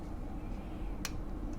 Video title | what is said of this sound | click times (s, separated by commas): MARTINPHU : รีวิวเข็มขัดคลาสสิค MONTBLANC (463) | ผมก็จะเอาตัวนี้มาล็อคนะครับที่บริเวณคุกเขาแบบนี้เนี้ยเพื่อนจะเห็นว่า | 1.0 s